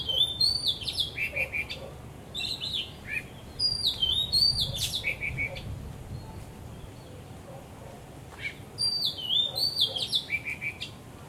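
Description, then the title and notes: Bird song, lively and repeated: quick phrases of bright whistles that slur downward, arriving in several bursts. Birds singing vigorously at Wu Kai Sha, Hong Kong, 15 December 2006; recorded with AKG condenser microphones in XY stereo. "香港 烏溪沙 雀鳥勁唱歌 Date: 15 December 2006"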